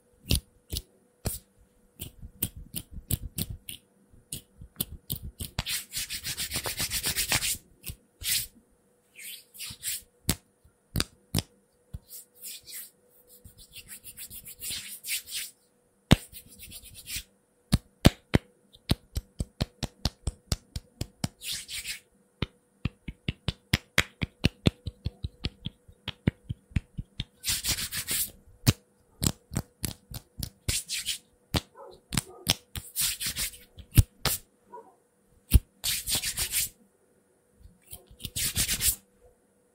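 Fast, unpredictable hand sounds: quick rubs, brushes and snappy taps in irregular bursts, with brief silences between, running throughout the forty seconds.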